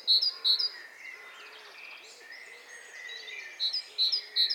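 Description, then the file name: Great tit giving short bursts of sharp high two-note calls at the start and end, with softer chatter in the middle. "Parus major"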